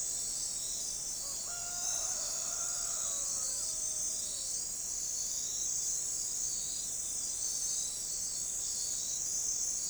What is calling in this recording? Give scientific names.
none